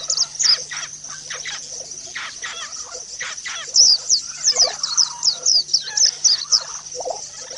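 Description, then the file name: White-eye song: rapid high twittering notes strung together in fast runs, with softer chirps between bursts and a low constant hum. White-eye (pleci) song used as audio therapy for cage birds. "audio-terapi-pleci-5-omkicau"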